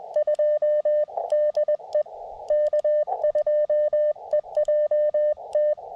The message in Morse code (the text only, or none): 2 DE K2EJT